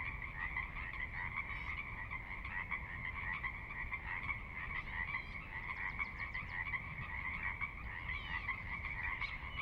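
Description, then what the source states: Pacific Chorus Frog chorus of many croaking frogs without pause, a few faint higher notes, and a low rushing water sound underneath. Chorus recorded at midnight on the valley floor of Sinlahekin Valley, Sinlahekin Wildlife Area, Washington, near the Cascades; distant water spillage in background; unprocessed raw recording.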